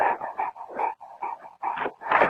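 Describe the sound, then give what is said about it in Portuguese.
An injured, filthy and underfed dog named Hulk whimpers and whines in a series of strained, high-pitched cries, about six or seven bursts in quick succession with brief gaps, fairly loud with no talking. “Qual é o nome do cachorro? É, o nome dele é Hulk, mas...”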